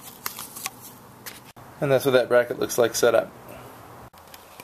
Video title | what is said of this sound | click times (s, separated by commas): 2014 MDX OE Hitch and Wire Harness Install | Just install that, slide them in until it clicks. | 0.3 s, 0.7 s